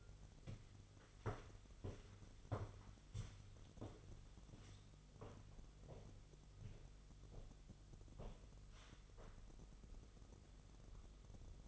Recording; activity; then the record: daily activity, microphone in the room; walk to room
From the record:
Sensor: 4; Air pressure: 989.0 hPa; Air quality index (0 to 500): 200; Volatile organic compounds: 46 ppm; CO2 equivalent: 3245 ppm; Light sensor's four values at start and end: 29/98/36/38 and 29/99/37/38